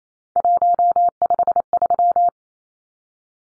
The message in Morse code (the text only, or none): 153